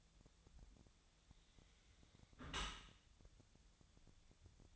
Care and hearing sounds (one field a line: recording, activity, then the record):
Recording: daily activity, microphone in the room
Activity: close dishwasher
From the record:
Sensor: 3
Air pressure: 1006.8 hPa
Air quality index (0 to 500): 207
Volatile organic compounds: 19 ppm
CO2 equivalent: 2643 ppm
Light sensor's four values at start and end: 11/25/10/10 and 11/25/10/10